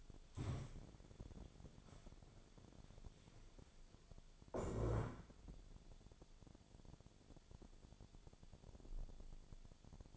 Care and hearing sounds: daily activity, microphone in the room; stand up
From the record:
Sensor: 5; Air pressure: 1000.5 hPa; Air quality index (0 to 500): 144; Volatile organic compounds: 2 ppm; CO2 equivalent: 1118 ppm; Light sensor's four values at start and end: 48/112/47/49 and 48/111/46/49

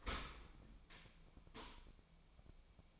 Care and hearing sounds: daily activity, microphone in the room; open dishwasher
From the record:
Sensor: 1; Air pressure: 1003.1 hPa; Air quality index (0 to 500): 196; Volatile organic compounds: 6 ppm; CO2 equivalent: 1874 ppm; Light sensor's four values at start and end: 17/41/17/20 and 17/41/17/20

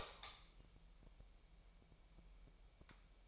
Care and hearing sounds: daily activity, microphone in the room; light on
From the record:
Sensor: 1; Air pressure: 1002.0 hPa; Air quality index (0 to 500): 246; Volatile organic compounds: 49 ppm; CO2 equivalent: 3284 ppm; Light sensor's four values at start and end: 5/11/4/5 and 9/27/10/12

